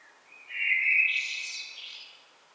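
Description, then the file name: Common blackbird giving a single short song phrase, a rich whistled warble that climbs into a high, squeaky trill. "Turdus merula"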